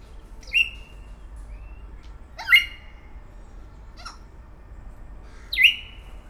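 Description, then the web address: Grey parrot calls: three loud whistled squawks, each falling and trailing off, spaced about two to three seconds apart, with a short click between. Szeged Zoo, 2011; calling continuously every day. "szegedizoo. jakopapagaj"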